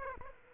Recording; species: mosquito wingbeat signal from an infrared sensor; Aedes aegypti